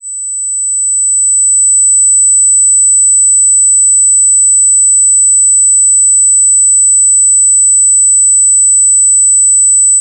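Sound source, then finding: Synthesized test tone, device. Tinnitus simulation tone (8 kHz pure tone).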